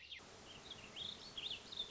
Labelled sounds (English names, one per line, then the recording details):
Warbling Vireo
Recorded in Sonoma County, California